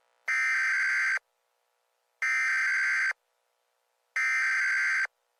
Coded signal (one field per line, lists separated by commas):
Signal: Emergency Alert System (SAME) tones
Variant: header bursts